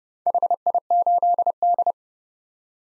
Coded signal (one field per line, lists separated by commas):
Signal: Morse code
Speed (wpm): 32 wpm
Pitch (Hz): 700 Hz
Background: none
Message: HI8D